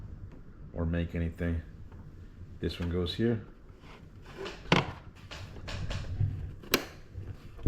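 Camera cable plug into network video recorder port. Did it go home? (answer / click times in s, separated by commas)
yes / 4.7 s, 6.7 s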